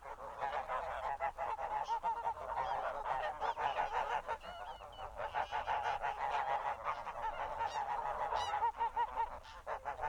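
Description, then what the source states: Goose: geese honking steadily in a flock, many quick overlapping honks at a fairly even pace throughout. A horde of geese honking.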